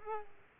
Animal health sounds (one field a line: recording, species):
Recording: mosquito wingbeat signal from an infrared sensor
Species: Culex pipiens